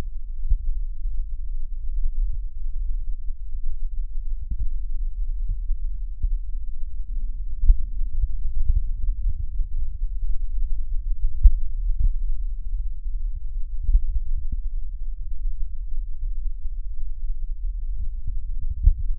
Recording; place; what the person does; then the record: lung sounds by stethoscope; left posterior basal chest; quiet breathing, then deep breathing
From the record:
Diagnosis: COPD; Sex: male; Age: 59 years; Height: 171 cm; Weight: 91.4 kg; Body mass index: 31.3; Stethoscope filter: bell mode